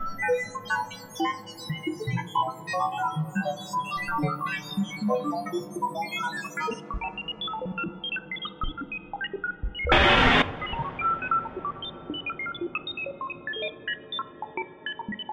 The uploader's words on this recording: A selection of some of the noise scenes generated algorithmically for the "Cluster" light and sound installation. Sound is generated by analising pixels in a video, and transforming pixel luminance into amplitude of partials, or frequency of a band-pass filter bank applied to white noise.